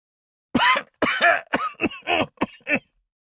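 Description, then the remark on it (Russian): A man's loud, harsh coughing fit, after vomiting blood, echoing in a dimly lit hall: about seven rough, raspy coughs in quick succession, each a short burst, with no talking. “Громкий кашель эхом разнесся в полутьме зала.”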